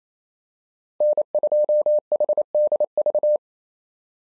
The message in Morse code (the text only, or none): N2HDV